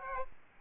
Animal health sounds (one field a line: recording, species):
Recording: mosquito wingbeat signal from an infrared sensor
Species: Aedes albopictus